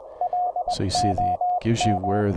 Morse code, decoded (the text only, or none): LOM